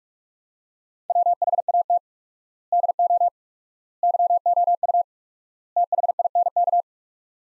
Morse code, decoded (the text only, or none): WHAT DO YOU THINK